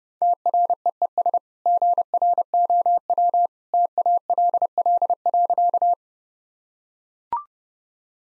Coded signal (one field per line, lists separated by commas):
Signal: Morse code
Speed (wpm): 32 wpm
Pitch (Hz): 700 Hz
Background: none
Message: TREES GROW TALL.